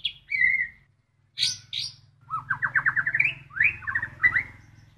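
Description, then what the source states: White-rumped shama song: whistled notes, harsh noisy notes, then a rising series of quick chirps and further rapid notes, over a steady low hum. Bird trained to imitate another songbird's song; Indonesian term for this trained song style is "isian kapas tembak".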